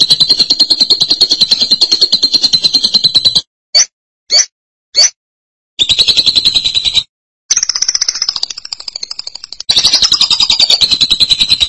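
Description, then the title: Lovebird chattering song: fast, buzzy high trills broken by brief pauses and a few quick clipped notes. "BM Suara Burung Lovebird"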